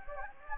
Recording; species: mosquito wingbeat signal from an infrared sensor; Anopheles gambiae